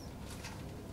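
A flat arm of an ear defender headset is being fed into the slot on the side of a safety helmet visor. Only steady low rumble and faint handling noise are heard, with no distinct impacts. Nothing has clicked or seated yet.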